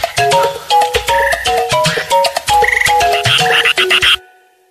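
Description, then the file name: Frogs calling in a dense chorus: short tonal croaks and clucks overlap rapidly, with brief higher pulsed trills mixed in, ending abruptly in silence. Recorded in the morning. "morning froggy"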